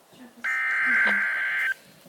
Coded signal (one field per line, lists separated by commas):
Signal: Emergency Alert System (SAME) tones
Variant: header bursts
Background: speech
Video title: Severe Thunderstorm Warning - EAS #21